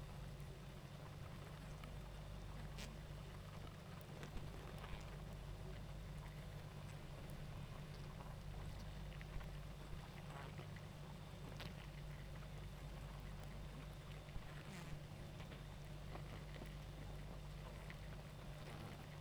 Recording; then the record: honeybee colony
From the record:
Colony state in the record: active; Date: 28 July 2017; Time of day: 19:17